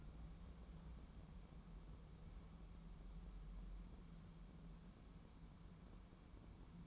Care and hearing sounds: daily activity, microphone in the room; wipe stove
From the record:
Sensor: 1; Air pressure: 1015.1 hPa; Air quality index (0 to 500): 74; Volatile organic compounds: 2 ppm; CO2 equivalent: 979 ppm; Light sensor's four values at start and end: 14/32/13/15 and 14/32/13/15

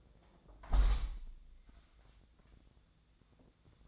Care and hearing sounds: daily activity, microphone in the room; close window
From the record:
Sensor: 3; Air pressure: 1012.3 hPa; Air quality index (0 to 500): 121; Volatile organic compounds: 1 ppm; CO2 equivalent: 944 ppm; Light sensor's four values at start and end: 178/427/175/162 and 180/432/176/163

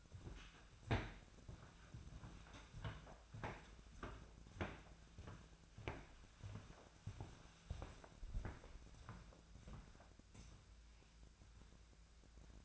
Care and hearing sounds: daily activity, microphone in the room; walk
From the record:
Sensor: 2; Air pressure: 1008.2 hPa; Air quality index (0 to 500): 181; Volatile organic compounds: 10 ppm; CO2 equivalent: 2231 ppm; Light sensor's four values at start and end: 14/33/14/15 and 14/34/14/15

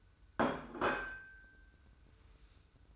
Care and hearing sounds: daily activity, microphone in the room; place plate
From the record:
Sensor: 2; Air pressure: 990.7 hPa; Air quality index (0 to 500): 150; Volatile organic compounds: 399 ppm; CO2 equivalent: 4670 ppm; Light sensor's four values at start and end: 26/62/25/25 and 26/63/25/25

